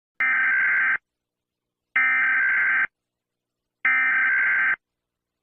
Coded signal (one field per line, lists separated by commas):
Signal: Emergency Alert System (SAME) tones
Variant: header bursts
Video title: Bonaire Eas Alarm 1977